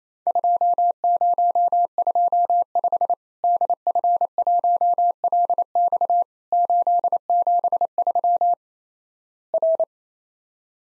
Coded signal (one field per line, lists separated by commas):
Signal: Morse code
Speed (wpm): 28 wpm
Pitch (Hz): 700 Hz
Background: none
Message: 2025 DF1LX 873 R